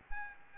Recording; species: mosquito wingbeat signal from an infrared sensor; Aedes albopictus